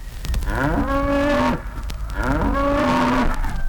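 Cow mooing: two long, deep, drawn-out moos, each steady then dropping off at the end, with a short break between them.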